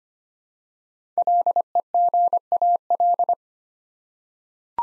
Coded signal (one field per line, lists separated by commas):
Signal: Morse code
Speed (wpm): 25 wpm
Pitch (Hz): 700 Hz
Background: none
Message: LEGAL